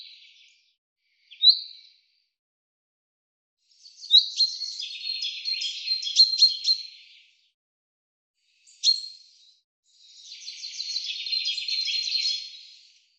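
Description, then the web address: Common chaffinch giving three short sharp calls and two rattling trilled song phrases of about three seconds each, high-pitched, separated by pauses. "Deverinetal 2025 File cleaned normalized Bird Fr Co"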